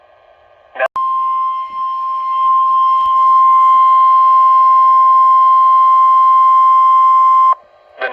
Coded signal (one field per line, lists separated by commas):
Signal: Emergency Alert System (SAME) tones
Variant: 1050 Hz attention tone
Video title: EAS Alerts as of 5/3/22 (EAS #110-114)